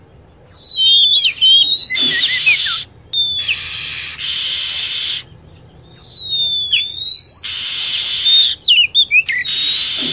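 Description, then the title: Lovebird calls: shrill whistled chirps and sweeping notes, high-pitched and irregular, alternating with bursts of harsh hissing noise. Lure sound used for attracting lovebirds. "PIKAT BURUNG LOVEBIRD"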